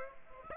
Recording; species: mosquito wingbeat signal from an infrared sensor; Aedes aegypti